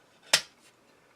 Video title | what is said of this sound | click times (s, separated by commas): Cyberverse Jetfire April 11 2018 | that'll tab in there with a very satisfying click. | 0.3 s